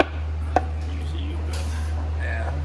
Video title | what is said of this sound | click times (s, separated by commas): 2011-2018 Jeep Wrangler Transmission Pan Replacement | just kind of pops right in just like that | 0.0 s, 0.6 s